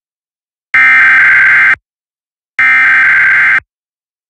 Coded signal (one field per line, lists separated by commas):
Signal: Emergency Alert System (SAME) tones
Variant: header bursts